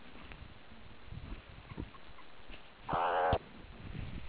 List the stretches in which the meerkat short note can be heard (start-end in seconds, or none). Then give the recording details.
1.68-2.21. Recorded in the Kuruman River Reserve, South Africa. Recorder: an audio tag on a meerkat's collar